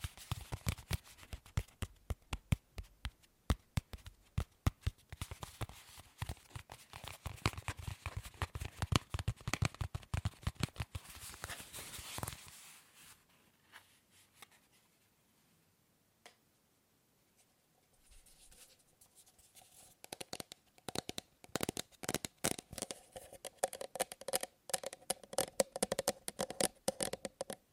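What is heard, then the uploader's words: Tapping on objects, dense and fast for the first twelve seconds with crisp, bright clicks and some low knocks. A near-silent stretch follows with only sparse, faint taps, then quicker tapping returns around twenty seconds with a lighter, higher ring. ASMR Fast & Slow Tapping on 6 Objects No Talking.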